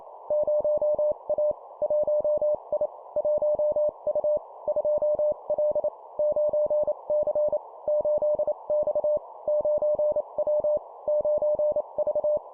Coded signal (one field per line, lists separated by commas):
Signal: Morse code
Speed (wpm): 28 wpm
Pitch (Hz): 600 Hz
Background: none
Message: 0A 1I 1U 2L 9C 8X 9W 9V